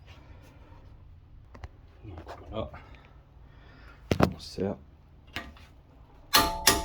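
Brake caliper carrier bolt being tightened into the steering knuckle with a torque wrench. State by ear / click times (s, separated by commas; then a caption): torque reached / 6.4 s, 6.7 s. A torque wrench set to 200 Nm with a 21 mm socket tightens the front brake caliper carrier bolts into the steering knuckle on a 2021 Seat Tarraco 1.5 TSI during a front disc and pad replacement, while someone talks. Quieter clinks and ticks come first, then the wrench breaks over at its setting with loud, sharp clicks at 6.4 s and 6.7 s, showing the bolts have reached 200 Nm.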